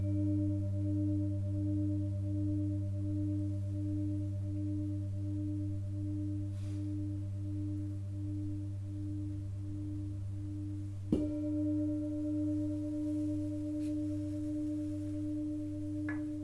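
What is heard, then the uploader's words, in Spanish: A singing bowl hums steadily with a low drone and slow pulsing tone, struck again around eleven seconds with a sharp ring. Sesion de cuencoa para armonizar cuerpo, mente y alma.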